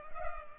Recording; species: mosquito wingbeat signal from an infrared sensor; Culex pipiens